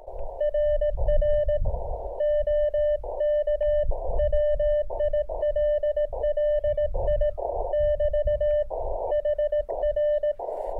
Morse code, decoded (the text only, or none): RR OK WILLI <BT> HR